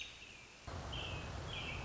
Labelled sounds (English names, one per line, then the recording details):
American Robin
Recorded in Sonoma County, California